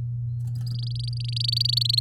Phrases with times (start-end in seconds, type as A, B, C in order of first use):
0.66-1.99 A